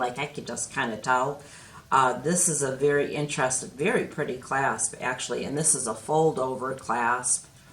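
A metal fold-over clasp on a gold bracelet is handled by hand while someone talks throughout. Only speech and faint handling sounds are heard, and the clasp has not snapped shut or clicked into place yet.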